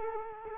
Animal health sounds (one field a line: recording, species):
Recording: mosquito wingbeat signal from an infrared sensor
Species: Culex quinquefasciatus